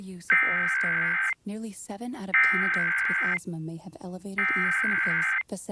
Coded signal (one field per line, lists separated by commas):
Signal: Emergency Alert System (SAME) tones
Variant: header bursts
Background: speech